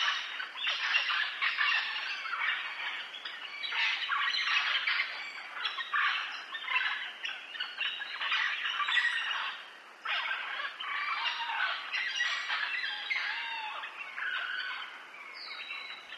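Parrots squawking almost continuously, harsh raucous calls.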